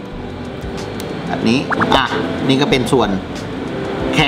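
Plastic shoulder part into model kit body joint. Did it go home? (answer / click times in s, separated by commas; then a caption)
yes / 1.0 s. A plastic shoulder/arm piece of a plastic Gundam model kit is fitted onto its joint on the kit body, and a short sharp snap at 1.0 s marks it seating and locking in place. Someone talks before and after the snap, over a steady low background hum.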